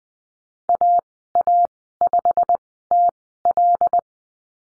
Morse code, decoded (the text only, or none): AA5TL